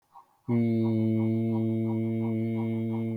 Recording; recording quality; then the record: sustained vowel as in beet; excellent, no background noise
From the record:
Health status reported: healthy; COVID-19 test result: not tested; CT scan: not taken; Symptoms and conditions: none ticked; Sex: male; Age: 39 years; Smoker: no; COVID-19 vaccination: none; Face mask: worn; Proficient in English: yes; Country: India